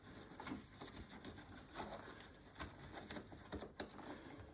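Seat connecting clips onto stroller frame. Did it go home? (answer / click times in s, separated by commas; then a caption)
no / none. The seat fabric's connecting clips on a Joolz Aer 2 stroller are being handled and pushed onto the stroller frame, with rustling and a few short, sharp knocks. Nothing has seated or clicked into place yet.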